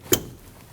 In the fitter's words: and plug in your connector. Listen for the click.